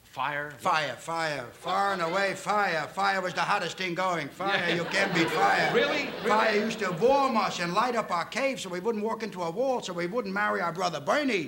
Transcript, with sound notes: Fire. Fire. Far and away, fire. Fire is the hottest thing going. Fire, you can't beat fire.
(LAUGHTER)
Really?
Fire used to warm us and light up our caves so we wouldn't walk into a wall, so we would marry our brother Bernie.